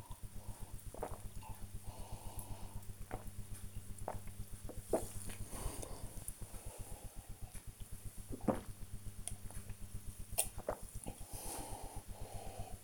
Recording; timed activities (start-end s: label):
household activities, microphone on the right wrist
0.00-12.84 s: drinking